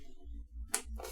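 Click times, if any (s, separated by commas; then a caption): 0.7 s. A RAM memory module is slid into a motherboard DIMM slot (slot 2 or 4) and pressed down until the retention latches snap shut. Over a low steady hum, a sharp click is heard at 0.7 s, followed by a softer tap at 1.0 s. The module is seated.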